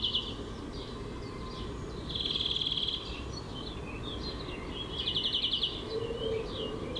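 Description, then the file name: European greenfinch: fast, even trills separated by scattered twittering notes, with a brief lower whistle near the end. "Chloris chloris"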